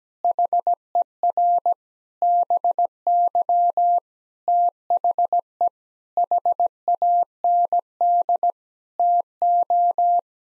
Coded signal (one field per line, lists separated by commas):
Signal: Morse code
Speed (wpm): 17 wpm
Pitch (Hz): 700 Hz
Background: none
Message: HER BY THE HAND TO